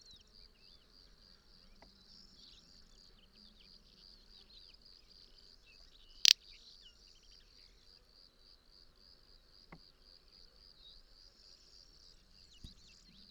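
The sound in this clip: Little bustard giving a single sharp, dry snort-like burst midway, over a steady high insect buzz.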